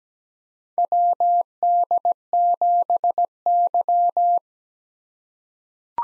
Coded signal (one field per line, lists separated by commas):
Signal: Morse code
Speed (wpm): 17 wpm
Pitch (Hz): 700 Hz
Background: none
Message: WD7Y